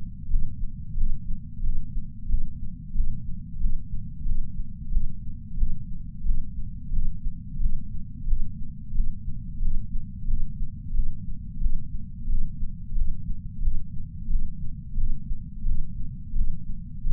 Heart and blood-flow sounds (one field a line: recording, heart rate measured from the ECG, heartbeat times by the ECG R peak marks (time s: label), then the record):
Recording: heart sounds by patch sensor on the chest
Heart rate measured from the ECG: 89 bpm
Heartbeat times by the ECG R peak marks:
0.30 s: heartbeat
0.98 s: heartbeat
1.64 s: heartbeat
2.29 s: heartbeat
2.95 s: heartbeat
3.61 s: heartbeat
4.26 s: heartbeat
4.92 s: heartbeat
5.58 s: heartbeat
6.25 s: heartbeat
6.93 s: heartbeat
7.61 s: heartbeat
8.28 s: heartbeat
8.95 s: heartbeat
9.62 s: heartbeat
10.28 s: heartbeat
10.95 s: heartbeat
11.61 s: heartbeat
12.29 s: heartbeat
12.96 s: heartbeat
13.63 s: heartbeat
14.30 s: heartbeat
14.98 s: heartbeat
15.66 s: heartbeat
16.36 s: heartbeat
17.06 s: heartbeat
From the record:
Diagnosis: coronary artery disease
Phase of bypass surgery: preoperative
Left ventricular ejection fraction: 64.4%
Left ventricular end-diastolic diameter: 43 mm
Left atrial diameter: 35 mm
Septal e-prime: 6.9 cm/s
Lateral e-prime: 11.4 cm/s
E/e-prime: 9.7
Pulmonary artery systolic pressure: 22 mmHg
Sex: female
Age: 58 years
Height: 155 cm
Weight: 55 kg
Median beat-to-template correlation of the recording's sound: 0.95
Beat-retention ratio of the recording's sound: 0.99